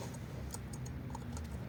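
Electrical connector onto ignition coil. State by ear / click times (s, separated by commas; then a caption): not seated / none. An electrical connector is pushed back onto an ignition coil of a Ford Focus ST Mk4 after its iridium spark plugs have been changed. Light ticking and tapping sounds come over a steady low rumble. Nothing has seated or clicked yet.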